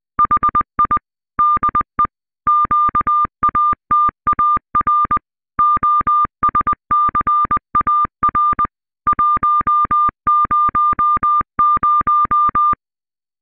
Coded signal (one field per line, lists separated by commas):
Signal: Morse code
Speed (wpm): 20 wpm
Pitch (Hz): 1200 Hz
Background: none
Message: HI DE QATAR OSCAR 100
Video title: QO-100 Premier satellite géostationnaire radioamateur